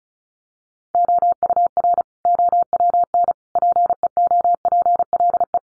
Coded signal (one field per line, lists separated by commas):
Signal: Morse code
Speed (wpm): 34 wpm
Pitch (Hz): 700 Hz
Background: none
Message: OUR OWN PEOPLE